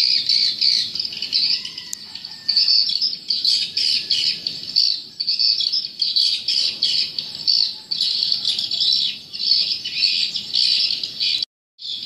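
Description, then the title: Many swiftlets twittering together, a steady wash of high buzzy chirps swelling and fading in short pulses, with a momentary dropout near the end. "Suara Burung Wallet"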